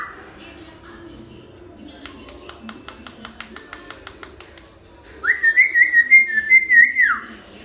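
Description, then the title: Hill myna whistled song: after soft rhythmic clicking, a loud run of warbled, wavering whistles lasts about two seconds. Hill myna singing vigorously (gacor), recording meant as a tutor for training birds (masteran). "Suara Burung Beo Gacor Cocok Untuk Masteran"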